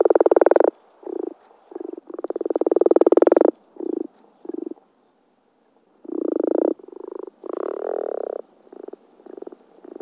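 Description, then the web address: Common frog croaks: low, grating pulsed calls in quick irregular bursts, long purrs mixed with short snores, with a sharp click near the third second. Sissonne, France. "Sissonne Grenouille-rousse"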